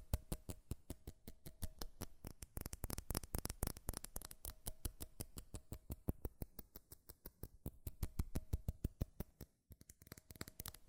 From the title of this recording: FAST & FURIOUS TAPPING Metal Sounds